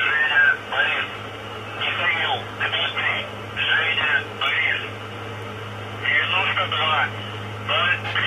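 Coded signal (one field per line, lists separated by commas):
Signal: numbers station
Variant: UVB-76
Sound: several short bursts of muffled radio voice separated by pauses, over steady hum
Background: radio static, hum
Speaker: okay so this is the voice that will come on uh at random times of day uh specific days of the month uh tell me this isn't creepy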